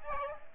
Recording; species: mosquito wingbeat signal from an infrared sensor; Aedes aegypti